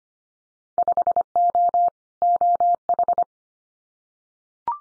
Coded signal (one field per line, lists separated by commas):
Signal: Morse code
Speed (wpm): 25 wpm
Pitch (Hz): 700 Hz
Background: none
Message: 5O OH